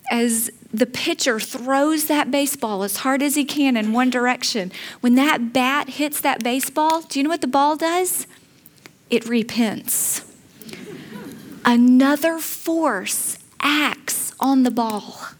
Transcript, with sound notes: As the pitcher throws that baseball as hard as he can in one direction, when that bat hits that baseball, do you know what the ball does? It repents. (Laughter) Another force acts on the ball.